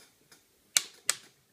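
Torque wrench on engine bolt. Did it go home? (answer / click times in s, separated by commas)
yes / 0.8 s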